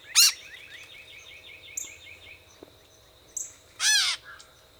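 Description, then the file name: Gray catbird giving nasal, slurred mewing calls, one at the start and a longer one near the end, with a quick series of soft notes in between. Mew calls; 14 April 2018. "2018-04-14 GRCA Mews"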